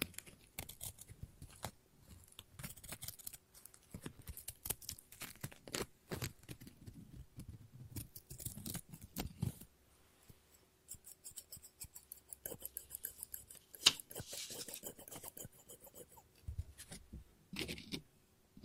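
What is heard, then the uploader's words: Scissors snip and cut paper in quick irregular bursts of crisp clicks and rustles, with brief pauses and a faint low hum underneath. ASMR Scissors No Talking Snips and Cutting Paper.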